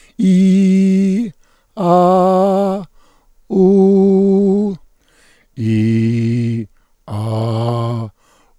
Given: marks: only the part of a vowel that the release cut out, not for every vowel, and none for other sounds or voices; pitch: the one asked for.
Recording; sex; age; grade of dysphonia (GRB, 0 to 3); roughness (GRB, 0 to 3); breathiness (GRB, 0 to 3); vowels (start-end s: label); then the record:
sustained vowels; male; 60 to 69 years; 2; 2; 0
0.27-1.17 s: vowel /i/, high pitch
1.87-2.72 s: vowel /a/, high pitch
3.60-4.65 s: vowel /u/, high pitch
5.65-6.55 s: vowel /i/, low pitch
7.16-8.01 s: vowel /a/, low pitch
From the record:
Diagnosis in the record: contact pachydermia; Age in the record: 69 years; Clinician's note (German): Rezidiv